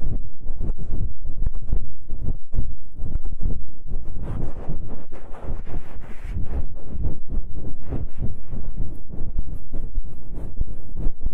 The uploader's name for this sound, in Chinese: 按摩耳朵